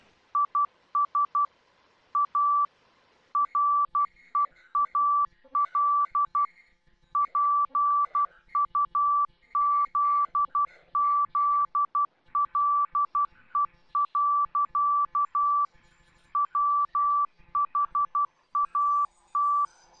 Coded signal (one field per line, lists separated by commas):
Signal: Morse code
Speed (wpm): 12 wpm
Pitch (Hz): 1160 Hz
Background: none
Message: IS A REAL PUZZLE. WHAT